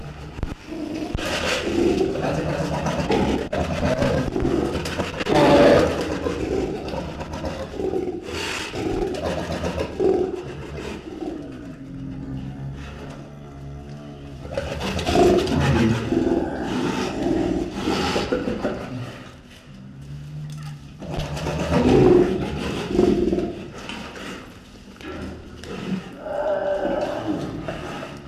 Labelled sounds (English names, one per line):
Brown Bear